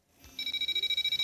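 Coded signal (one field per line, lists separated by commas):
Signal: beep code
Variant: Gigabyte BIOS POST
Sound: a fast, steady stream of short, high beeps, about 13 per second, without a pause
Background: room noise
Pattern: continuous short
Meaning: Continuous short beeps mean memory is not read correctly or a power problem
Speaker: It just instantly throws off the beep error code. Looking at the Gigabyte website, this is typically considered to be a memory read issue. It says memory is not being read correctly, or it's a power issue.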